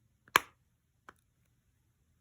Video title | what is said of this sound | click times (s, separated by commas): iPhone XS Max Screen Repair- Replacement Tutorial | you want to hear them click and again don't force anything because you might damage or break something | 0.4 s